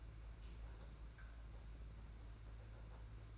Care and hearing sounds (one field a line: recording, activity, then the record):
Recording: daily activity, microphone in the room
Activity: open fridge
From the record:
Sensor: 2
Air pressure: 991.7 hPa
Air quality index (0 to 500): 221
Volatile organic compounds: 1000 ppm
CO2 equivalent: 7376 ppm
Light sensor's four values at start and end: 25/81/31/29 and 25/81/31/29